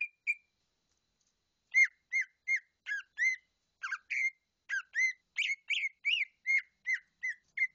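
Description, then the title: Bird song opening with two chirps, then after a short silence a brisk string of rising and falling chirps, several per second. "SuaraBurung Kicau6"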